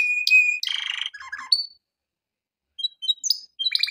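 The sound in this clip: Canary song in brief bursts: a thin whistled note, a rattling trill and clipped chirps, a gap, then short high notes and a trill.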